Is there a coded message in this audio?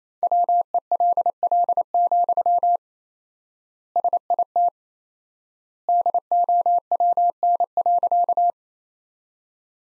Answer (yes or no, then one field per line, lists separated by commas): yes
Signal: Morse code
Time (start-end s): 0.2-8.5 s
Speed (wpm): 28 wpm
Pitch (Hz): 700 Hz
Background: none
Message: WELL, SIT DOWN.